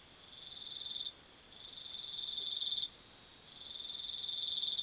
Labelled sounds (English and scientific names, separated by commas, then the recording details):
none
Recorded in pastures near Puerto Asís, Putumayo, Colombia, on 19 February 2024 at 03:00
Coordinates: 0.497, -76.327
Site G7276